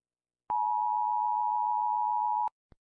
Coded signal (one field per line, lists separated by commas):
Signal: Emergency Alert System (SAME) tones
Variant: 853 and 960 Hz attention tone